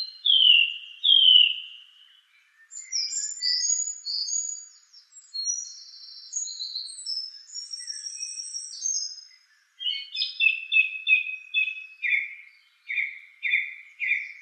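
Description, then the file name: Song thrush song: fluty phrases and high squeaky passages, then one short note repeated many times in rapid groups. "suara kicauan burung song thrush. omkicau"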